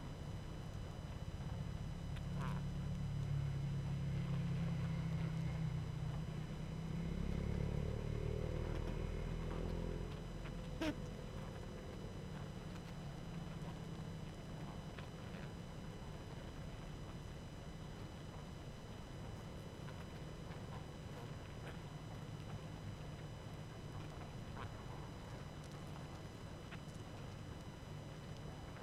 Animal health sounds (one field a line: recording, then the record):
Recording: honeybee colony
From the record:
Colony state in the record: active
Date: 12 June 2018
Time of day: 21:24